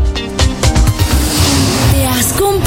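A car engine revs loudly in bursts, its pitch climbing and dropping, with a high, rough screech of tires running through the roar for about three seconds.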